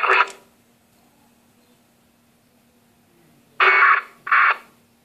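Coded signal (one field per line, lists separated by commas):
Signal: packet radio (AX.25, as in APRS)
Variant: 1200 baud AFSK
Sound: three brief harsh warbling data bursts separated by quiet, with a low hum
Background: low hum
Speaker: a lot of the channels are busy this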